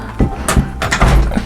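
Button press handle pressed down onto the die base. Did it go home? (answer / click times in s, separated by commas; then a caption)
yes / 0.5 s, 0.8 s, 0.9 s. The handle of a craft button press is pressed down onto the plastic die base, which holds the image and cover inside. Sharp clicks sound at 0.5, 0.8 and 0.9 seconds over low rumbling, and the handle clicks completely down, seating the button.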